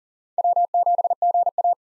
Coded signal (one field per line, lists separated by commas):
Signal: Morse code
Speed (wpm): 40 wpm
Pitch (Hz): 700 Hz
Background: none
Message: W7GA